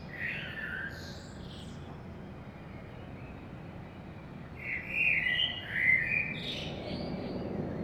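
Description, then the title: Common blackbird song: an opening fluty note, several seconds of quiet, then a busy warbled phrase with sharp high squeaks at the end. Saint-Gilles, Belgium; early morning; recorded with DPA 2006c microphones in AB stereo into a Zoom F3. "Saint-Gilles, Belgique - Blackbird - Merle"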